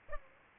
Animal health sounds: mosquito wingbeat signal from an infrared sensor; Aedes aegypti

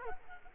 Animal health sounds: mosquito wingbeat signal from an infrared sensor; Culex quinquefasciatus

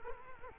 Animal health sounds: mosquito wingbeat signal from an infrared sensor; Culex quinquefasciatus

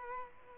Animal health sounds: mosquito wingbeat signal from an infrared sensor; Culex quinquefasciatus

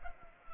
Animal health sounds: mosquito wingbeat signal from an infrared sensor; Culex pipiens

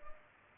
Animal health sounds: mosquito wingbeat signal from an infrared sensor; Culex pipiens

